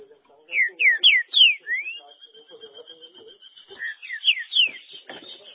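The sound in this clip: Green-winged saltator giving loud, mostly descending whistled notes in two bursts; a thin steady high tone runs through the middle, with low clattering underneath.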